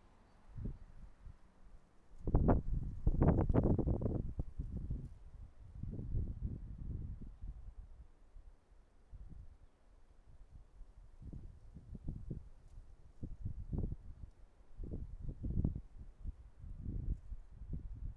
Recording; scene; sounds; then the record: everyday scene through a hearing-aid microphone; wind on the microphone; wind, traffic, birds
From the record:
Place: suburban garden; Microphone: behind the ear, right, rear